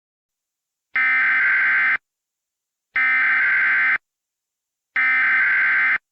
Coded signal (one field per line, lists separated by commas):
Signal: Emergency Alert System (SAME) tones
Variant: header bursts